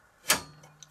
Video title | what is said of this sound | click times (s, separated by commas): installer un disque dur (seagate st3000dm001), vérification avant achat, conseils | Et voilà, il se clipse tout seul. | 0.3 s